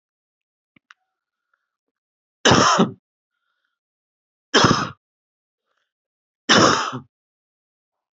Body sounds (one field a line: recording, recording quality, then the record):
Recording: heavy voluntary cough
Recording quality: excellent, no background noise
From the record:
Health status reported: healthy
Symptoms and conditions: none ticked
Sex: male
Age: 41 years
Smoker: not ticked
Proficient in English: yes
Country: India